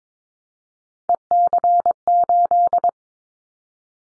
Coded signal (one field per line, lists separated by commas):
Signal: Morse code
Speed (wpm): 22 wpm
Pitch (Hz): 700 Hz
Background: none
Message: EC8